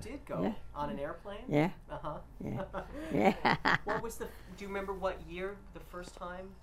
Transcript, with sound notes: You did go. On an airplane?
Yeah. ( they laugh )
What was the, do you remember what year the first time?